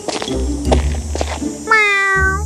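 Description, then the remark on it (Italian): A single drawn-out cat meow with a slightly falling pitch comes after a stretch of low thumps and rustling, holding steady for nearly a second at the end. “Fingendo di imbattersi per caso nel re che scendeva le scale, il gatto miagolò piano.”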